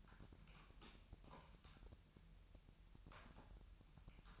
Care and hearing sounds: daily activity, microphone in the room; typing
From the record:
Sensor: 2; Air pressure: 1001.9 hPa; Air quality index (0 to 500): 248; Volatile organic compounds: 39 ppm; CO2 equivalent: 3129 ppm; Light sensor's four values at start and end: 11/36/13/14 and 11/36/13/14

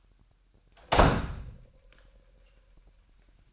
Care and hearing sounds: daily activity, microphone in the room; close door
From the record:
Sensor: 2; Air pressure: 998.3 hPa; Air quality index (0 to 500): 140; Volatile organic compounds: 4 ppm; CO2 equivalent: 1586 ppm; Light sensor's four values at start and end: 12/34/14/13 and 12/34/14/13

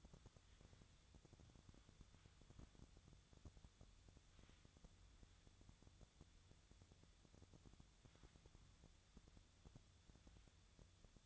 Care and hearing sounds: daily activity, microphone in the room; wipe stove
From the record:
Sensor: 3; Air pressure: 1004.8 hPa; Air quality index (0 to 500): 75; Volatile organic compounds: 2 ppm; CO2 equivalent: 1125 ppm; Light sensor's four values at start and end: 8/19/8/7 and 8/19/8/7

